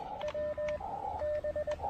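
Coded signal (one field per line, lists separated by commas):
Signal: Morse code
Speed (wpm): 20 wpm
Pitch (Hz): 590 Hz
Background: none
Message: WB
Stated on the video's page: Portable QRP POTA park activation with DX contacts, using an Elecraft KX2 and a TufteIn random wire antenna.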